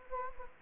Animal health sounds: mosquito wingbeat signal from an infrared sensor; Anopheles gambiae

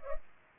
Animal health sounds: mosquito wingbeat signal from an infrared sensor; Culex pipiens

